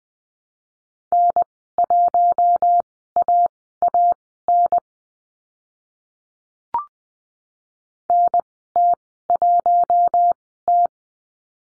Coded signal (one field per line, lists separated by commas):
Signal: Morse code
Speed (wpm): 20 wpm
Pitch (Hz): 700 Hz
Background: none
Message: N1AAN NT1T